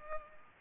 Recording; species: mosquito wingbeat signal from an infrared sensor; Culex pipiens